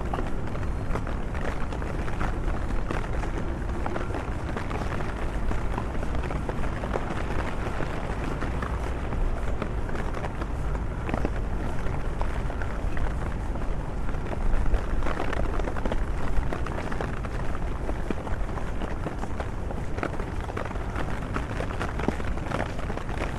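A walk through London in the rain, heard as a dense, steady hiss and patter that fills the whole 23 seconds without letting up. Low traffic rumble runs underneath, with scattered sharper taps and a slightly louder stretch around the middle.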